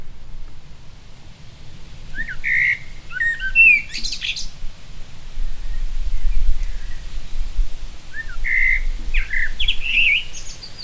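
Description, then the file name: Common blackbird song: two mellow fluted warbling phrases, each ending in a high squeaky twitter, several seconds apart, over a low steady rumble. "Turdus merula"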